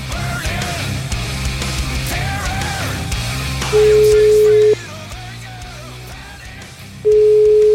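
A telephone ringback tone sounds as a call is placed on Radio 24: two long, steady, mid-pitched beeps about three seconds apart, loud and clear over a busy, murmuring background.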